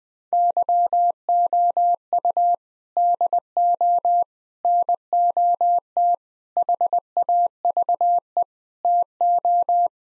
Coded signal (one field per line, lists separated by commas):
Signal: Morse code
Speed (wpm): 20 wpm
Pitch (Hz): 700 Hz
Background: none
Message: YOU DO NOT HAVE TO